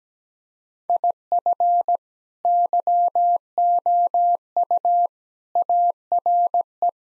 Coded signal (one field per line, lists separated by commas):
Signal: Morse code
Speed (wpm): 17 wpm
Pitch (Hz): 700 Hz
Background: none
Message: IF YOU ARE